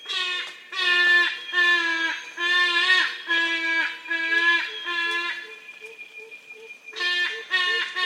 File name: yellow casqued hornbills birds singing